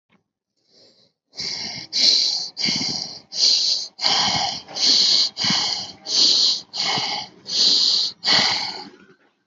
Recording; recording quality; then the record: shallow breathing; excellent, no background noise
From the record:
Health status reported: healthy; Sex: male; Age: 43 years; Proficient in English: yes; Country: India